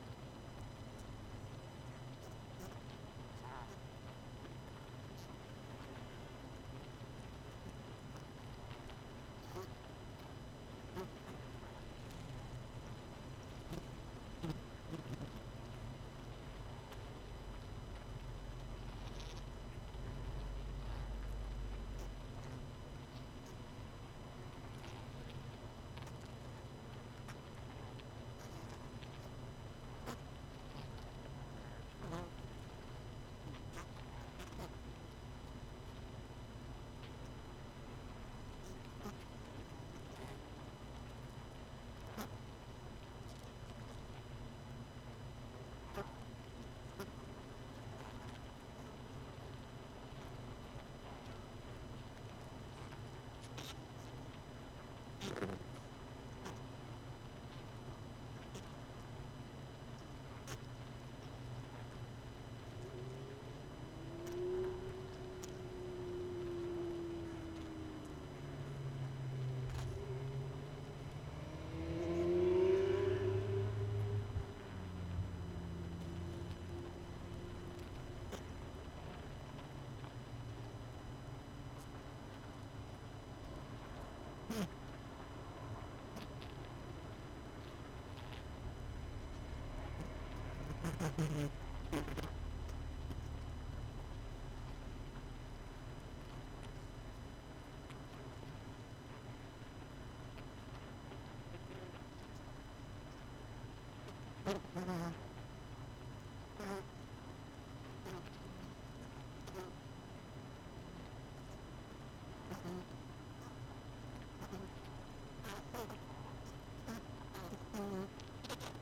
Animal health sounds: honeybee colony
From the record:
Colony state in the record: missing queen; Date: 31 May 2018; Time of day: 20:37

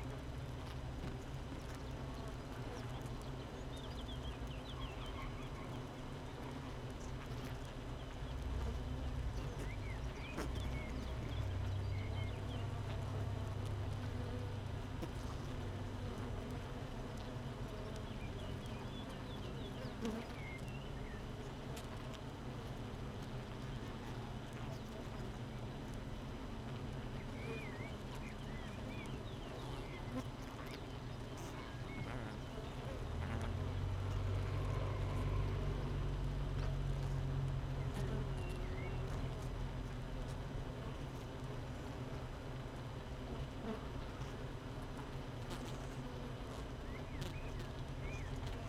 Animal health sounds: honeybee colony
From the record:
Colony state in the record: missing queen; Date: 31 May 2018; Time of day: 7:40

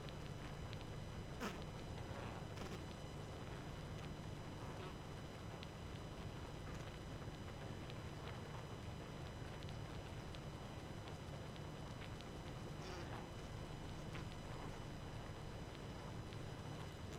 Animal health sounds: honeybee colony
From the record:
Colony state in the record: active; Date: 12 June 2018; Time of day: 23:41

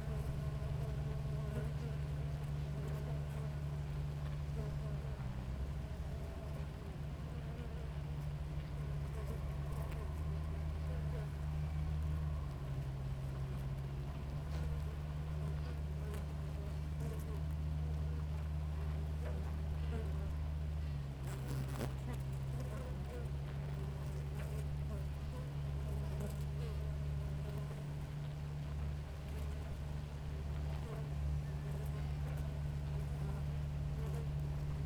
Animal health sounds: honeybee colony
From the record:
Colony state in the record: active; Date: 28 July 2017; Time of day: 6:08

